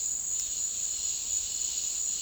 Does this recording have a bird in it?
no